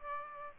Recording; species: mosquito wingbeat signal from an infrared sensor; Aedes albopictus